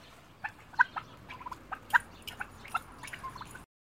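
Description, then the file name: Domestic turkeys giving short scattered yelps and clucks at irregular intervals. "Puten"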